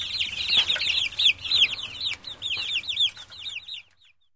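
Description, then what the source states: Chicken chicks peep in a steady stream of high, arching cheeps, several birds overlapping, fading out toward the end over a low background hum. Chicks peeping at a farm.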